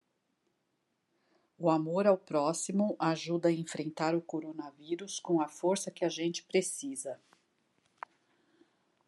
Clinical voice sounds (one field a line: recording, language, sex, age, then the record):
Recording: spoken sentence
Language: Brazilian Portuguese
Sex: female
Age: 50 to 59 years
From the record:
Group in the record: control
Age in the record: 54 years